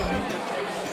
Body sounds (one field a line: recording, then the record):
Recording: coughing mixed with background sound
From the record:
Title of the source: Spring Cold Coughing 3